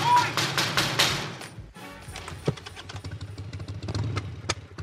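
A burst of rapid, sharp knocks on a door near the end of the Radio Taraska program, followed by a few scattered thumps over a steady low rumble.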